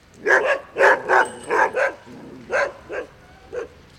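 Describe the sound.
Dog barking: a quick run of five sharp, harmonic barks, then three more spaced barks, each shorter and softer, in a quiet background.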